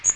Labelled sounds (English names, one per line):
Magnolia Warbler flight call